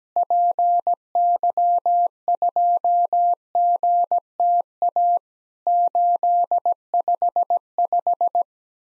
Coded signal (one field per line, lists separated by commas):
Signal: Morse code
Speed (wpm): 17 wpm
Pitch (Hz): 700 Hz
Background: none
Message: PY2GTA 855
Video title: Worked All Europe DX Contest QTC Exchange 17wpm